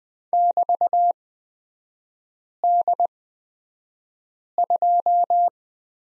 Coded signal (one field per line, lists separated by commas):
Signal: Morse code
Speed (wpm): 20 wpm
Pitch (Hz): 700 Hz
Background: none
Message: <BT>D2